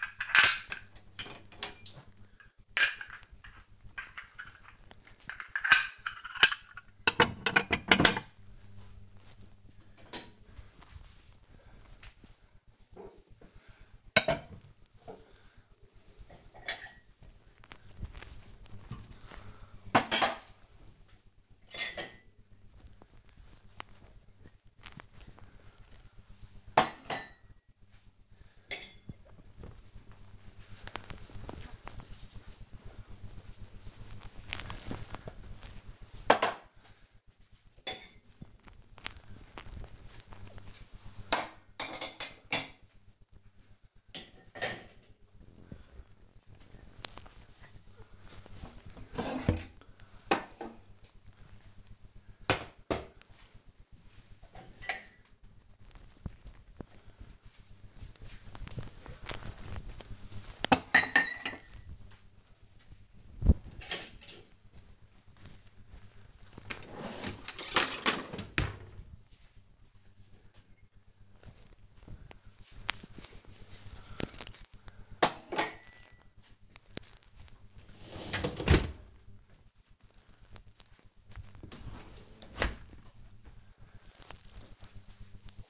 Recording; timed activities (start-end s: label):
household activities, microphone on the right wrist
0.00-82.23 s: cleaning out the dishwasher